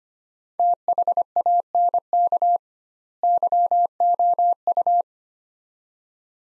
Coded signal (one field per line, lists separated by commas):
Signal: Morse code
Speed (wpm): 25 wpm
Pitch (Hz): 700 Hz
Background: none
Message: THANK YOU